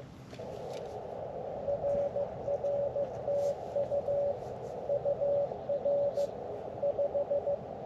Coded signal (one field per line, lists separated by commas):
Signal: Morse code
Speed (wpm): 15 wpm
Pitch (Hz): 570 Hz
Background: radio noise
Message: RR TU UR 5